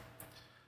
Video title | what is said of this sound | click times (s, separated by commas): Ecto 1 Stage 113 | Snug fit, does not need to be glued. I don't know if you heard it pop or snap in there or not. | 0.2 s